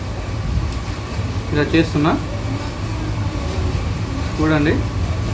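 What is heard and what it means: A plastic part of a homemade aquarium air pump is handled as it is pushed toward its housing while someone talks over a steady background hum. The clip ends before the part goes home, so nothing has seated or clicked yet.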